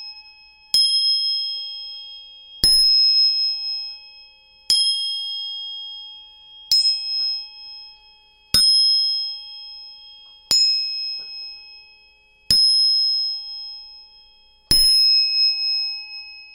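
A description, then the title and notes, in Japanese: A tuning fork is struck eight times at a steady pace, about every two seconds. Each strike opens with a sharp metallic tap, then a clear, bright ringing tone with high overtones that fades before the next hit. The background is silent. 音叉チューニング3本。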